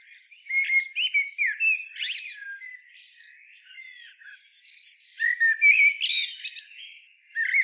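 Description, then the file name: Common blackbird song, soft fluty phrases ending in a bright twittering flourish, followed by a quieter stretch and a second phrase. "Turdus merula"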